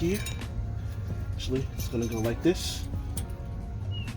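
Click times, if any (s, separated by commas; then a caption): none. A metal brake pad hardware clip, a pad abutment or anti-rattle clip, is positioned and pushed into the caliper bracket during a brake job on a 2016 Nissan Rogue, with light metallic clinks and a brief sharp sound at 3.2 s. Someone talks over background music. The clip is handled but nothing has seated or clicked into place yet.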